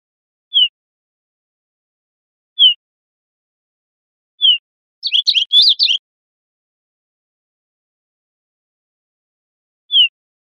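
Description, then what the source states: Olive warbler giving several short down-slurred high notes, with one brief rapid burst of chirpy notes in the middle. Costa Rica, 3 December 2004.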